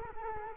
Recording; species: mosquito wingbeat signal from an infrared sensor; Culex quinquefasciatus